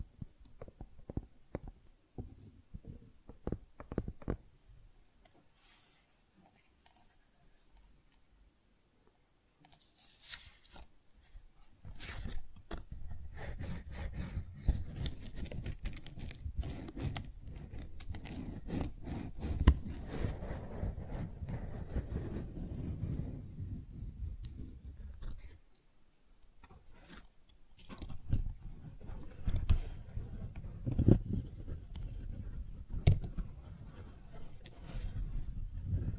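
Tingly flower sounds: sparse, light crackles and taps over the first ten seconds, then a denser, fuller rustling and crinkling that runs steadily until about 25 seconds. After a short quiet pause the rustling returns, uneven and busy, through to the end.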